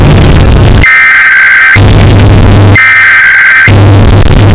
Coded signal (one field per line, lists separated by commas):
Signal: Emergency Alert System (SAME) tones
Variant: header bursts